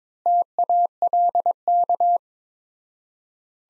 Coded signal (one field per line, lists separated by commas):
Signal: Morse code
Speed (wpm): 22 wpm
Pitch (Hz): 700 Hz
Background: none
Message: TALK